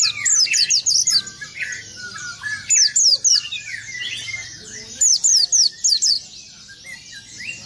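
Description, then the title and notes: White-eye song: three bursts of rapid, thin, descending chirps, separated by pauses with lower twittering. "Burung Peci. kumpuln pleci terbaru"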